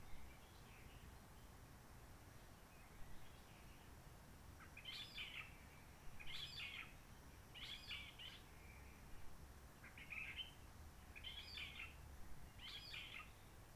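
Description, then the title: Réunion bulbul song of short, squeaky warbled phrases repeated roughly every one to two seconds, faint at first then clearer, with low humming noise. Roche Merveilleuse forest, Réunion; quiet since the 19 March 2020 lockdown, no hikers, microlights or helicopters; sunny blue sky; birds not very active; sings simpler short phrases, adapted to past noise pollution. "Roche Merveilleuse, Réunion - Merle de lîle de la Réunion."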